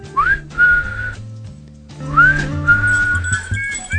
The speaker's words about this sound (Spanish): El coro estable de Angelitos Silbadores, como siempre, aquí sonando.